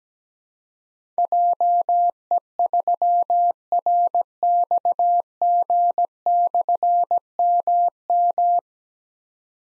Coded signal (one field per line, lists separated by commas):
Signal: Morse code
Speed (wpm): 17 wpm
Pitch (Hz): 700 Hz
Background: none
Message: JE3RXG/MM